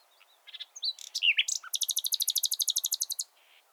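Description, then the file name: Common nightingale song phrase: varied chirps and slurs followed by a rapid, steady run of many repeated high notes. "Luscinia megarhynchos"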